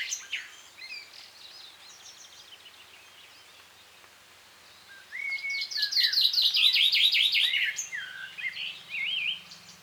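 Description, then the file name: Common chaffinch song: a rattling trill of repeated notes ending in a flourish, after fainter bird calls at the start, with a low steady hum underneath. "Fringilla coelebs"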